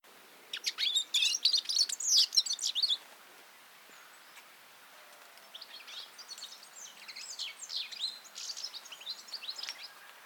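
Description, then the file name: European goldfinch calls: a fast, tinkling twitter of high chirps, then after a pause a softer, scattered run of similar notes. "Carduelis carduelis"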